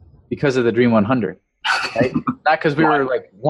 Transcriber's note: chuckle